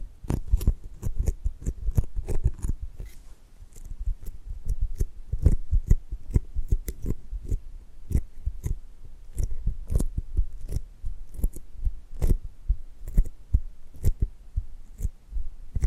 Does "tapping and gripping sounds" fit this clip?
yes